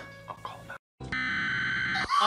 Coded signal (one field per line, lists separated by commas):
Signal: Emergency Alert System (SAME) tones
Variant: header bursts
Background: speech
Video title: Brit Reacts to America's Emergency Alert Systems (EAS) are Scary...